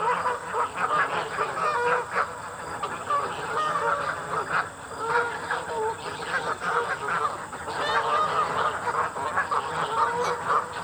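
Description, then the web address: Goose: geese honking and gabbling continuously as a flock, overlapping nasal calls with a steady high hiss in the background. Geese being fed. "realamericanfolk-2007 Elements Feeding the Geese"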